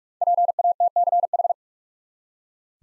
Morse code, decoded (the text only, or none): PATCH